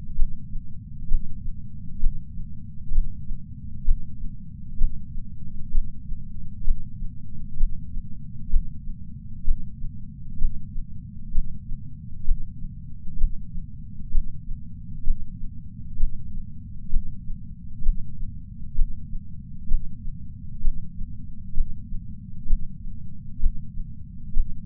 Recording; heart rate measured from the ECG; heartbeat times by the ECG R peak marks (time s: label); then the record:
heart sounds by patch sensor on the chest; 65 bpm
0.15 s: heartbeat
1.08 s: heartbeat
2.00 s: heartbeat
2.92 s: heartbeat
3.84 s: heartbeat
4.77 s: heartbeat
5.71 s: heartbeat
6.64 s: heartbeat
7.57 s: heartbeat
8.49 s: heartbeat
9.44 s: heartbeat
10.38 s: heartbeat
11.31 s: heartbeat
12.25 s: heartbeat
13.17 s: heartbeat
14.11 s: heartbeat
15.04 s: heartbeat
15.97 s: heartbeat
16.90 s: heartbeat
17.82 s: heartbeat
18.75 s: heartbeat
19.67 s: heartbeat
20.61 s: heartbeat
21.54 s: heartbeat
22.46 s: heartbeat
23.39 s: heartbeat
24.33 s: heartbeat
From the record:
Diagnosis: coronary artery disease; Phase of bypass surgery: intraoperative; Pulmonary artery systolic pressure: 28 mmHg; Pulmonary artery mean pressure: 20 mmHg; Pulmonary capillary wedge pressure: 13 mmHg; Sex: male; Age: 57 years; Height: 172 cm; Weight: 86 kg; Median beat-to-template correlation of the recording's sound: 0.92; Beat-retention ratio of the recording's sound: 0.99